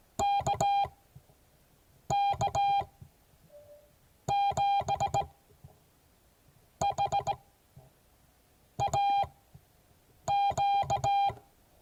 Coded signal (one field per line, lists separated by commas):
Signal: Morse code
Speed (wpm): 18 wpm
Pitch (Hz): 800 Hz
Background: none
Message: KK7HAQ